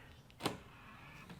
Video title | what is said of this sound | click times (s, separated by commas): EVDANCE 32 Amp Level 2 Mobile Charger w/ NACS Handle - All You Need For Home Or Destination Charging | All right, looks like it opened up pretty simple. One click is all it took. | 0.5 s